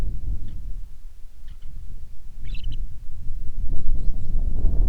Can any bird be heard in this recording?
yes